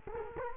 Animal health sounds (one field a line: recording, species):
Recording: mosquito wingbeat signal from an infrared sensor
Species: Culex quinquefasciatus